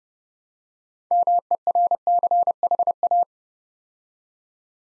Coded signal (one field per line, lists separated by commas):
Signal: Morse code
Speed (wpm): 30 wpm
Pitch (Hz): 700 Hz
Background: none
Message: MERCHA